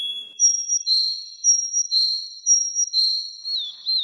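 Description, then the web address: Canary song: clear, high sustained whistled notes swelling about once a second, closing with a short wavering slur. "kenar canto"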